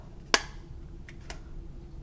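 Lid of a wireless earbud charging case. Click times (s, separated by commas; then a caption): 0.3 s. The plastic lid of a Beats Fit Pro wireless earbud charging case is snapped shut, giving one sharp, bright click at 0.3 s that seats it with a pretty decent close. Two much fainter ticks follow at about 1.1 s and 1.3 s over a quiet low hum.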